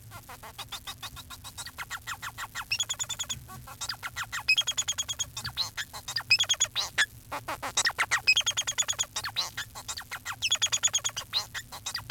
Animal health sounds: song of a male Bengalese finch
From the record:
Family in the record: son of father 4

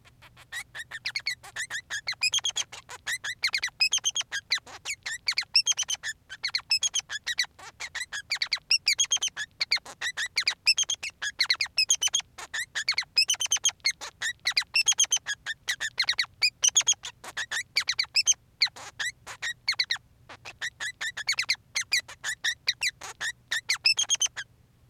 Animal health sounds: song of a male Bengalese finch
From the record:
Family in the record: son of father 3

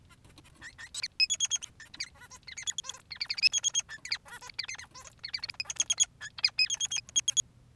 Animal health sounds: song of a male Bengalese finch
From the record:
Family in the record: son of father 3

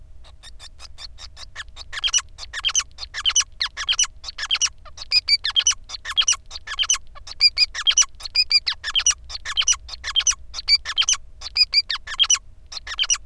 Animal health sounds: song of a male Bengalese finch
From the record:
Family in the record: son of father 5

